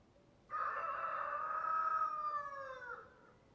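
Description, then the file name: Chicken: rooster crow, one drawn-out harmonic call of roughly two and a half seconds that holds level before dropping off at its close. "Rooster Crowing Sound"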